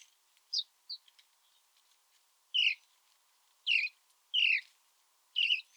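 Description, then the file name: House sparrow chirping, a couple of soft short notes followed by four louder downward-sliding chirps. "Passer domesticus"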